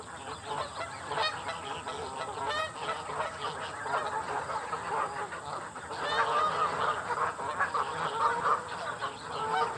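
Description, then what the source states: Goose: geese honking, many overlapping nasal honks from several birds in a continuous jumble, with a steady high-pitched hiss throughout. At a pond.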